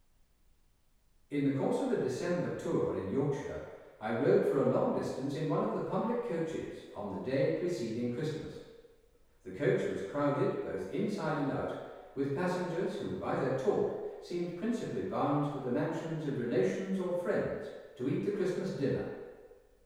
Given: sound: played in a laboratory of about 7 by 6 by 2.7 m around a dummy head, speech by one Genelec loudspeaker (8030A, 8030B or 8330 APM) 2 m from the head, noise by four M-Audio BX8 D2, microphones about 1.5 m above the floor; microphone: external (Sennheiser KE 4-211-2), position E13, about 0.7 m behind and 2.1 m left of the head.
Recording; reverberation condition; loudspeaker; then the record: male speech in English; high; 120 degrees to the right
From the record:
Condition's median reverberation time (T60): about 1300 ms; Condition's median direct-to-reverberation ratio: about -4.0 dB